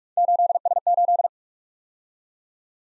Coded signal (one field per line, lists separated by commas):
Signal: Morse code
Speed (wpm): 51 wpm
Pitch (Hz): 700 Hz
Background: none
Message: 8S8